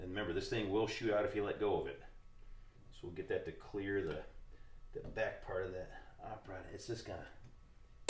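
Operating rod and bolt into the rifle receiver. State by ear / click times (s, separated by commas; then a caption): seated / 8.1 s. Someone talks while reassembling an M1 Carbine, working the spring-loaded operating rod back so it clears the rear of its track. At 8.1 s the operating rod and bolt seat into the steel rifle receiver with a sharp click, and the part is confirmed clicked into place.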